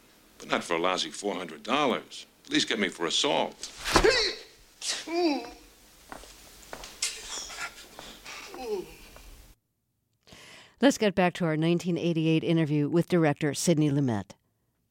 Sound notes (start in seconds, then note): 4.9 soundbite of footsteps; 8.1 soundbite of grunting